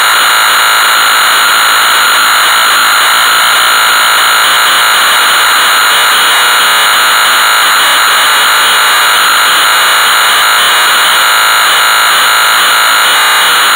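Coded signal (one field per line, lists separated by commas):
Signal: computer data on cassette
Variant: Amstrad CPC 464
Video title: Hard Hat Mack (1983) - Amstrad CPC 464 (Full Tape Rip / Cassette Load)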